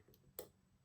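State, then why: Seated. After resetting an Avocet ABS Master Euro cylinder lock, pin two of its pin stack is lifted with a picking method, with only a faint tick at about 0.1 s. A single sharp, bright click at 0.4 s marks pin two setting, and the pin is seated.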